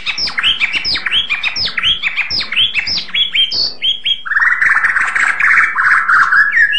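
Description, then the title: White-rumped shama song: rapid run of sharp chattering notes, then a long rich warbled phrase with sliding whistles; no other sounds stand out. "kicau murai batu panjang"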